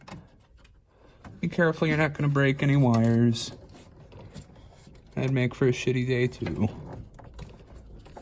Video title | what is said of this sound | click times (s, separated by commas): GMT800 AC Blows Cold Then Stops - How to Replace Low Pressure Switch - Chevy Suburban Tahoe | that in there hear that snap of it | 7.4 s